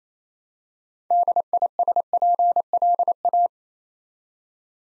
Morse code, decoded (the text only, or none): DISPLA